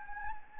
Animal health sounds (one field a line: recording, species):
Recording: mosquito wingbeat signal from an infrared sensor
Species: Anopheles gambiae